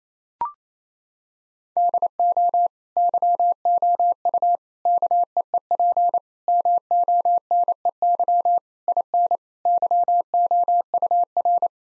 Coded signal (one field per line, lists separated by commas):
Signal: Morse code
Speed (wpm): 27 wpm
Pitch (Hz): 700 Hz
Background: none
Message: DO YOU KEEP MONEY IN YOUR